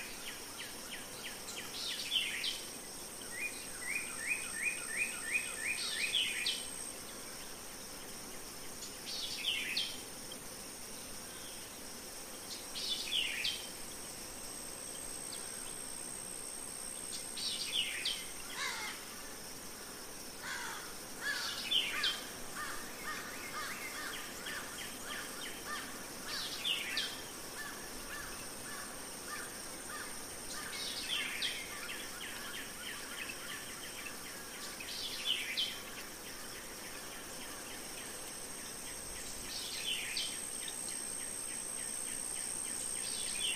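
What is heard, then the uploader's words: Birds chirp across a meadow in short repeated phrases, each a quick descending sweep or a rapid trill, returning every few seconds throughout. Underneath, insects keep up a thin, steady high buzz, with a soft low rumble beneath everything. Spring Glade: Relaxing Meadow Nature Ambiance. Relax in a tranquil meadow where birds chirp and bugs buzz with the joy of spring.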